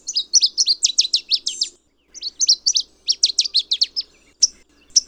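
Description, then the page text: Palm warbler giving two quick trills of high, downslurred chipping notes, each nearly two seconds long, followed by two single sharp high notes. Call described as a thin "seep". "Palm Warbler. Audio (M. Oberle)"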